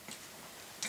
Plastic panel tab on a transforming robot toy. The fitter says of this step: fíjense me ha quedado aquí esto que no encaja bien